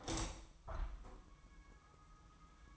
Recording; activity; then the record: daily activity, microphone in the room; open window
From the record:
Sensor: 1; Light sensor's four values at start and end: 8/21/8/9 and 8/21/8/9